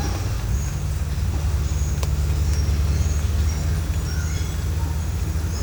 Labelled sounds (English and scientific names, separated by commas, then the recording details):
none
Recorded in pastures near Puerto Asís, Putumayo, Colombia, on 21 December 2024 at 10:30
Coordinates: 0.466, -76.322
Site G040